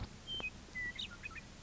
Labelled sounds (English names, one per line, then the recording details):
Western Meadowlark
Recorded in Sonoma County, California